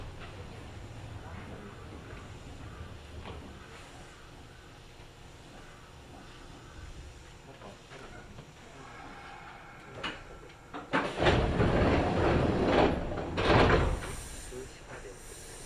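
Inside a Kintetsu Osaka Line semi-express train, a low rumble runs steadily with faint voices for the first ten seconds. Around eleven seconds loud bursts of hissing and clattering surge up, peaking again near fourteen seconds, like doors or braking, before settling back to the quieter hum.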